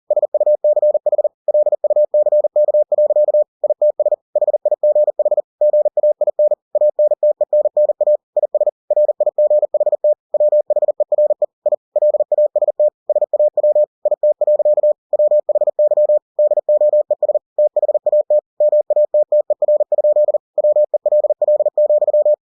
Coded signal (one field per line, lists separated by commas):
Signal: Morse code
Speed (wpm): 40 wpm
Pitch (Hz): 600 Hz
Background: none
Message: SUCH LUCK. ITS HIGH GAIN ANTENNA IS RIGHT WHERE I LAST SAW IT. WHY DOES THAT MATTER? WELL,